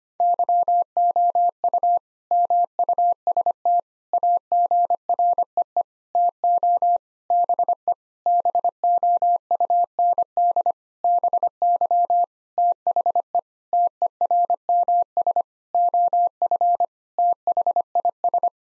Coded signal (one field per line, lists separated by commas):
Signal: Morse code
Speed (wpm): 25 wpm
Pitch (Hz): 700 Hz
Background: none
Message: YOU MUST AGREE TO BE BOUND BY THE TERMS OF THIS